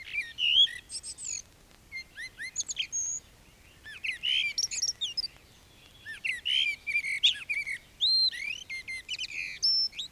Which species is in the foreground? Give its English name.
Common Blackbird